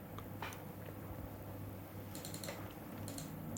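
Faint, sparse typing on a computer keyboard, kept up all night: short bursts of crisp clicks that come in small clusters with pauses between, over a steady low electrical hum.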